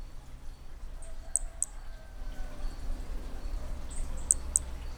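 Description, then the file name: Hermogenes' flea-toad producing two pairs of crisp, very high, click-like notes, separated by a few seconds of quiet low hum. Individual 3, recorded at Picinguaba on 13 December 2017; six notes noted as lost. "B hermogenesi Picinguaba ind 3 6 notas perdidas 13 dez 2017 MRB"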